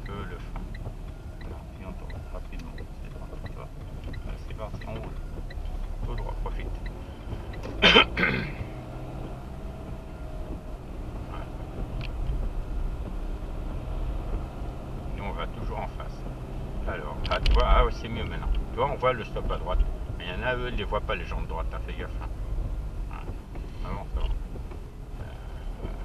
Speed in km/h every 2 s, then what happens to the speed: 17, 15, 20, 31, 33, 32, 32, 33, 35, 32, 27, 22, 21.
3-7 speeds up to 33. 7-17 steady at about 33. 17-22 slows to 22.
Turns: none.